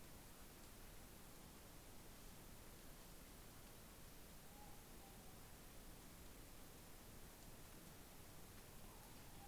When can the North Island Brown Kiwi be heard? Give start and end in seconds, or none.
none